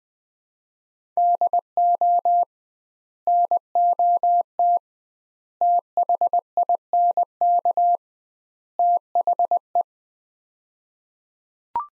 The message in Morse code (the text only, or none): DO NOT THINK THE